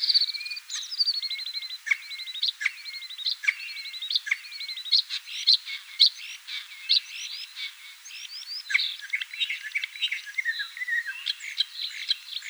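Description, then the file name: Common starling song, a steady stream of chattering, clicking notes mixed with thin whistles and slurred squeaks, continuing without a break. "Sturnus vulgaris"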